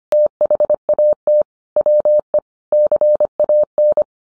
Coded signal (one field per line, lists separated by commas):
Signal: Morse code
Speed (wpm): 25 wpm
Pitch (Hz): 600 Hz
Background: none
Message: THAT WE CAN